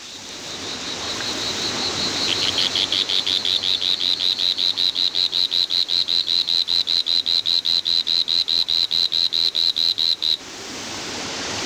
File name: Litoria revelata